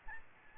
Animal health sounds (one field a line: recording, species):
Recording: mosquito wingbeat signal from an infrared sensor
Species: Aedes albopictus